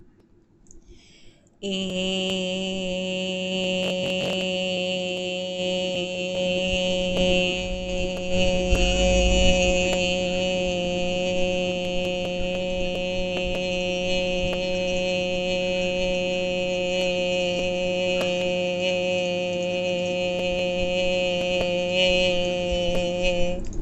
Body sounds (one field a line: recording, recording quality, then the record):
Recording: sustained vowel as in made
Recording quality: excellent, no background noise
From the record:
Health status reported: healthy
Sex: female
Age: 33 years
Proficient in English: yes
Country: India